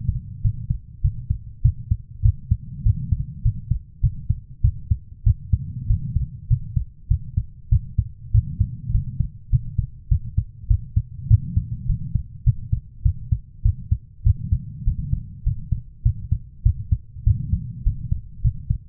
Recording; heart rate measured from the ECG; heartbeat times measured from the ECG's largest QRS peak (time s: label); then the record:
heart sounds by stethoscope; 100 bpm
0.42 s: heartbeat
1.02 s: heartbeat
1.62 s: heartbeat
2.23 s: heartbeat
2.84 s: heartbeat
3.43 s: heartbeat
4.01 s: heartbeat
4.62 s: heartbeat
5.24 s: heartbeat
5.87 s: heartbeat
6.48 s: heartbeat
7.08 s: heartbeat
7.70 s: heartbeat
8.32 s: heartbeat
8.92 s: heartbeat
9.50 s: heartbeat
10.09 s: heartbeat
10.68 s: heartbeat
11.28 s: heartbeat
11.87 s: heartbeat
12.44 s: heartbeat
13.03 s: heartbeat
13.63 s: heartbeat
14.24 s: heartbeat
14.85 s: heartbeat
15.44 s: heartbeat
16.03 s: heartbeat
16.63 s: heartbeat
17.24 s: heartbeat
17.84 s: heartbeat
18.42 s: heartbeat
From the record:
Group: healthy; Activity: rest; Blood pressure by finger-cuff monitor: 138/70 mmHg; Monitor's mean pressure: 93 mmHg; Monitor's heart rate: 100 bpm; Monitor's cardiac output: 9.1 L/min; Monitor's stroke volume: 91 mL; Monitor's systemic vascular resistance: 760 dyn s/cm5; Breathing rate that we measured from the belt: 21 breaths a minute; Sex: female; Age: 24 years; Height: 163 cm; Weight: 55.7 kg